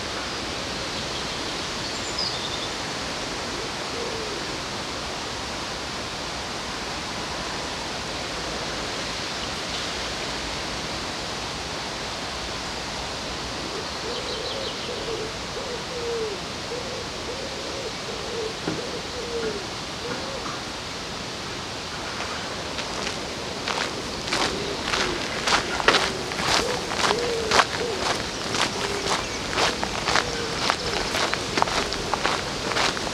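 Steady rushing wash along the river in Odense, with faint bird calls midway and a run of regular footstep-like taps in the final ten seconds.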